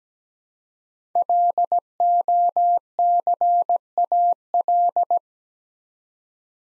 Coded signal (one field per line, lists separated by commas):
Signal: Morse code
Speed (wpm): 17 wpm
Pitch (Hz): 700 Hz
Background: none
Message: LOCAL